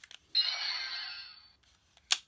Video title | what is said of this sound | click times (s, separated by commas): Ultraman Trigger DX Circle Arms Review | it will click into place. | 2.1 s